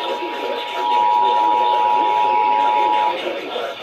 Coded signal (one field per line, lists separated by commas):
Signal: Emergency Alert System (SAME) tones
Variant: 853 and 960 Hz attention tone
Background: speech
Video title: EAS Compilation - Kanawha Chaos (4/1/24-4/2/24) EAS 2236-2375